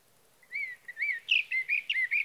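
Sage thrasher song fragment: a few clear slurred whistles followed by a quicker run of warbled, buzzy notes.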